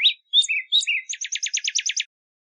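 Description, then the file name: Northern cardinal song: a few slurred whistled phrases, then a fast, even series of about ten steep downslurred notes; no other sounds. Recorded in Arizona. "NOCA 5 Deviche"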